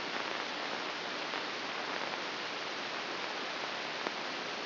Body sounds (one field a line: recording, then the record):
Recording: brain microelectrode recording played as sound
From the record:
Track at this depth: inside the subthalamic nucleus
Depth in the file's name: 3.144 mm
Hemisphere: right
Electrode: 2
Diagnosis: Parkinson's disease